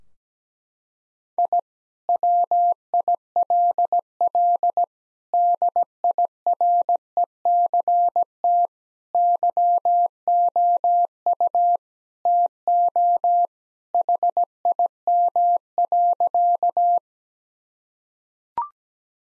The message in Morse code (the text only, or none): I WILL DIRECT YOU TO HIM.